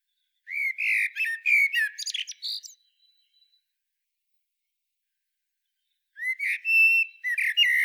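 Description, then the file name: Eurasian blackbird song with two phrases: warm, melodious whistles, then a thin squeaky tail, separated by a long silent gap. "Turdus merula"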